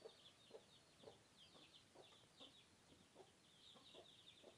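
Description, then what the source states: Chicken clucks in repeated low pulses under a dense layer of high thin squeaking chirps. Swedish countryside (southern Sweden): hens and small chicks, with squeaking tit nestlings.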